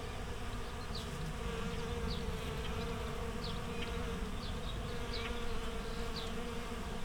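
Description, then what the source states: Bees hum in an even, unbroken drone, while scattered short bird chirps sound at irregular intervals over the top. Bees in a flowering rapeseed field, Słoneczna 9, Siemianowice Śląskie, Poland, Saturday 18 May 2019; Zoom H5 with Audio-Technica BP4025.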